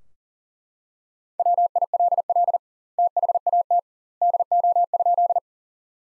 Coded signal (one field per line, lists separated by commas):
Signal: Morse code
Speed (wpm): 40 wpm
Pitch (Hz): 700 Hz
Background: none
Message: WILL THAT DO?